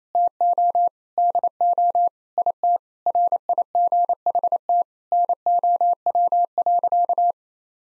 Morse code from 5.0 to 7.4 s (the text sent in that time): NOW.